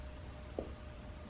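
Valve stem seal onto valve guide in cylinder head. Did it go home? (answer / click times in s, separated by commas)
yes / 0.6 s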